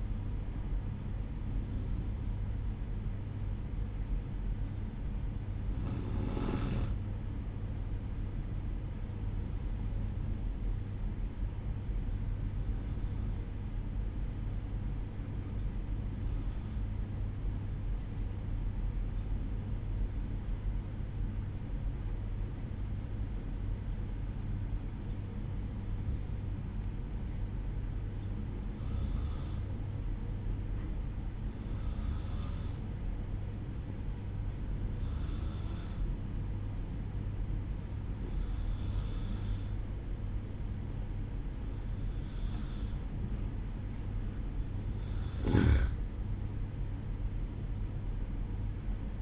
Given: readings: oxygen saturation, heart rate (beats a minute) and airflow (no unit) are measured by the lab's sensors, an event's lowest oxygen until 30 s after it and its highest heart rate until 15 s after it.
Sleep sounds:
breathing in sleep by a smartphone at the bedside; 1
13.00-43.20 s: hypopnea (N2, oxygen 94% highest, then 91% lowest, heart rate 59 at the start, 67 highest)
From the record:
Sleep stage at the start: N2 (light sleep); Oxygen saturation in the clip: 91 to 94%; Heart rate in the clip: 59 to 67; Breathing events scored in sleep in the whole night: 305 in 9.6 hours asleep

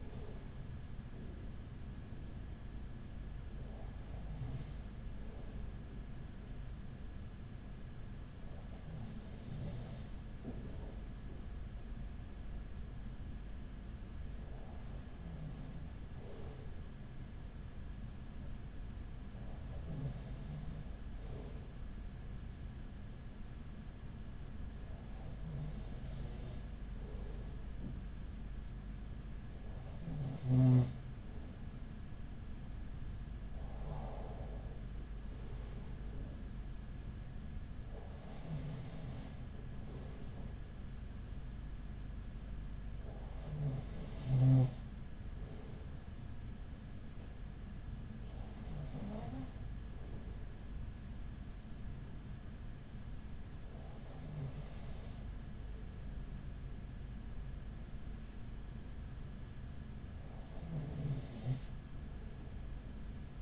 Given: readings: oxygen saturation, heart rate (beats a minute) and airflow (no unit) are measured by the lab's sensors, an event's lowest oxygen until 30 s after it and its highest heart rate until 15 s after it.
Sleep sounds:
breathing in sleep by a smartphone at the bedside; 1
7.00-37.00 s: new sleep stage, N2 (light sleep)
15.00-35.00 s: hypopnea (N2, oxygen 95% highest, then 94% lowest, heart rate 42 at the start, 43 highest)
37.00-63.41 s: new sleep stage, N1 (lightest sleep)
From the record:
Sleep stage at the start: N1 (lightest sleep); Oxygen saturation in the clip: 94 to 95%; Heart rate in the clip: 38 to 43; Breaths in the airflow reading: 13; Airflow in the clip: -6.6 to 7.5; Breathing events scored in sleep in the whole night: 207 in 7.6 hours asleep

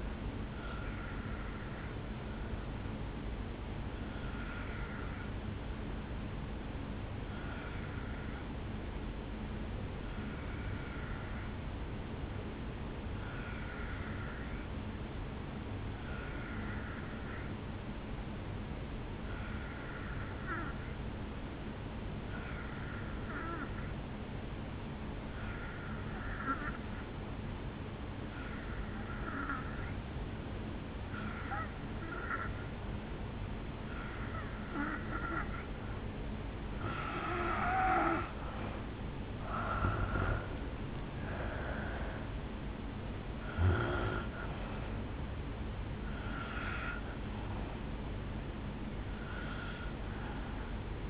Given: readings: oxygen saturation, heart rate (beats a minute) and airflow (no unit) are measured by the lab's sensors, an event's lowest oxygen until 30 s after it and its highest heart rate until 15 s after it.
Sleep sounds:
breathing in sleep by a voice recorder at the bedside; 1
3.00-35.60 s: hypopnea (N2, oxygen 95% highest, then 82% lowest, heart rate 63 at the start, 73 highest)
From the record:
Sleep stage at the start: N2 (light sleep); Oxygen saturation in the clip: 82 to 95%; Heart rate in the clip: 56 to 73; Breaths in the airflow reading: 13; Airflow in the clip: -9.2 to 4.7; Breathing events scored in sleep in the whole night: 449 in 7.0 hours asleep

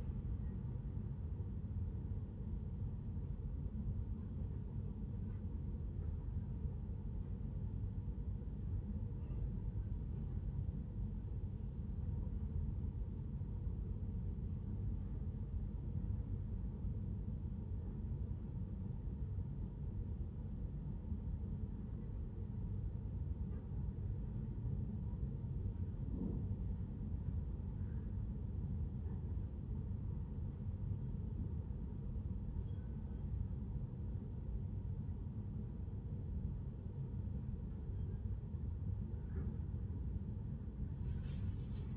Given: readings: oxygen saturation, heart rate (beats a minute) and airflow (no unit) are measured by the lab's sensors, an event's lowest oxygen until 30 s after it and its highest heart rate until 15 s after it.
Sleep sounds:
a person awake in a sleep study, by a smartphone at the bedside; none
0.00-41.97 s: awake
From the record:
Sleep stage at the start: awake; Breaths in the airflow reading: 16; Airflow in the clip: -0.6 to 0.6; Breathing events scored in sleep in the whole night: 131 in 7.2 hours asleep

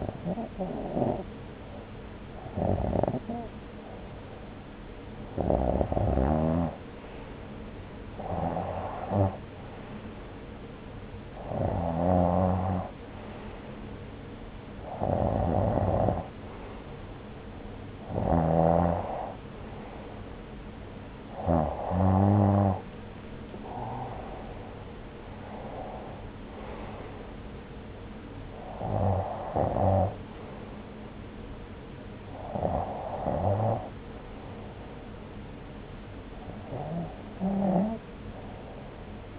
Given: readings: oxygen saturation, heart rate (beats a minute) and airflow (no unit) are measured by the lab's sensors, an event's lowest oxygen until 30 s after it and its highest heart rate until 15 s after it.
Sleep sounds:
breathing in sleep by a voice recorder at the bedside; none
none scored
From the record:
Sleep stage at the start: REM sleep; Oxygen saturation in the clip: 89 to 95%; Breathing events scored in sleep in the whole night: 303 in 8.1 hours asleep

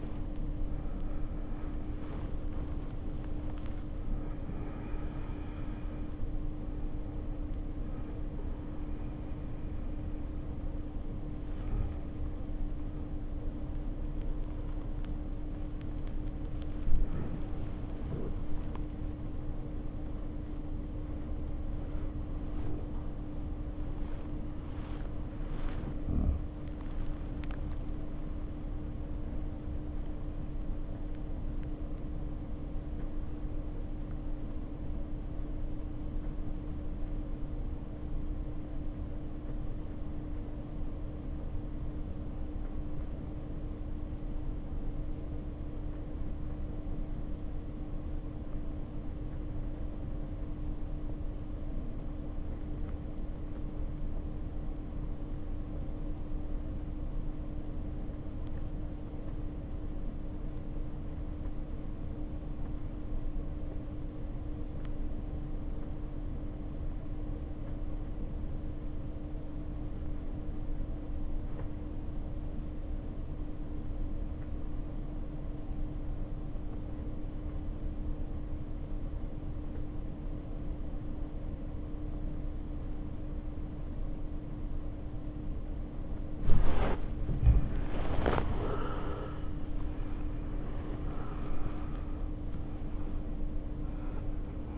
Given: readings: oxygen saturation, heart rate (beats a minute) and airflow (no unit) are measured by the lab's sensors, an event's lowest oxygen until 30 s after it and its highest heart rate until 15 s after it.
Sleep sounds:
breathing in sleep by a smartphone at the bedside; 1
29.00-87.90 s: obstructive apnea (REM, oxygen 95% highest, then 66% lowest, heart rate 59 at the start, 87 highest)
From the record:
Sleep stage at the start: REM sleep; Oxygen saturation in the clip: 70 to 95%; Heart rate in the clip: 51 to 87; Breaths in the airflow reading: 10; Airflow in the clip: -2.0 to 1.7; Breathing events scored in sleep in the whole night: 520 in 7.2 hours asleep

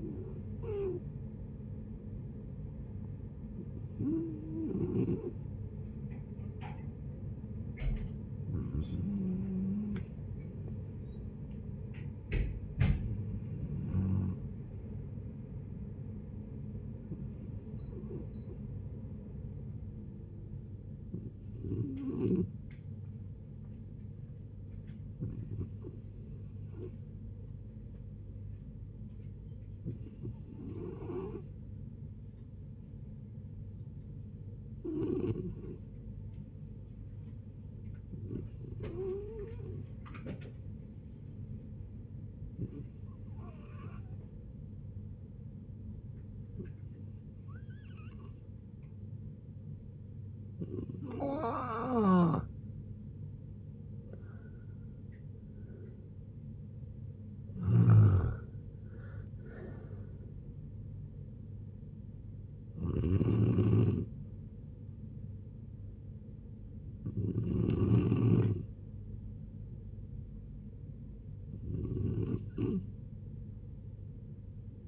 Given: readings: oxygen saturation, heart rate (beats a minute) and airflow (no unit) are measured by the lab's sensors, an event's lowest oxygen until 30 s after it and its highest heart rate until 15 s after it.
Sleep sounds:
a person awake in a sleep study, by a smartphone at the bedside; none
0.00-74.88 s: awake
0.00-74.88 s: awake
From the record:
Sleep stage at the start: awake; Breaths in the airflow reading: 30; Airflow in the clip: -0.6 to 0.6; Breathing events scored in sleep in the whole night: 496 in 5.4 hours asleep

